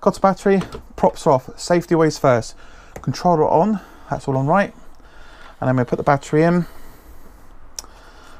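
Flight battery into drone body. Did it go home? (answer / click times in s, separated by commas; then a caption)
yes / 7.8 s. A flight battery is slid into the drone body and clicks into place at 7.8 s with a short, sharp snap. Someone talks through most of the clip before the click, and the battery ends up seated.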